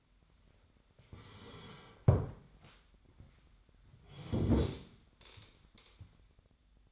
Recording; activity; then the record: daily activity, microphone in the room; sit down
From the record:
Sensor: 3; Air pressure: 1007.8 hPa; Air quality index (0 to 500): 192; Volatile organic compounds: 14 ppm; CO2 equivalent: 2468 ppm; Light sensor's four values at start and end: 12/28/12/12 and 12/28/12/12